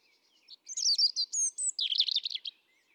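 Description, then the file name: European robin song phrase: a brief clear burst of high liquid whistles and rapid tumbling twitters, loud and sweet, lasting about two seconds. "Erithacus rubecula 310717"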